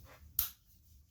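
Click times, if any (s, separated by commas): 0.4 s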